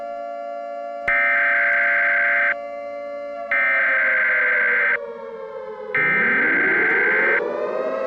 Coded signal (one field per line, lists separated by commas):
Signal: Emergency Alert System (SAME) tones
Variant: header bursts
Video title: The Nuclear Delivery: An EAS Scenario